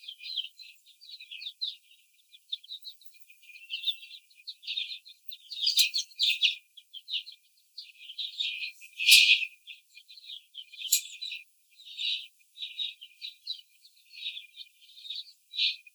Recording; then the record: young laying hens in a cage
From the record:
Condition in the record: after the stressor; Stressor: simulated dog barking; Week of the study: 4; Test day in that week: 2